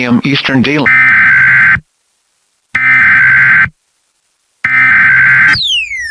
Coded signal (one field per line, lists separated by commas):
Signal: Emergency Alert System (SAME) tones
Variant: header bursts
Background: speech